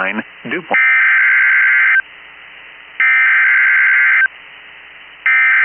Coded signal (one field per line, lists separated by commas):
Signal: Emergency Alert System (SAME) tones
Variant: header bursts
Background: speech